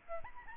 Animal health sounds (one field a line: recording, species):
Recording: mosquito wingbeat signal from an infrared sensor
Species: Aedes albopictus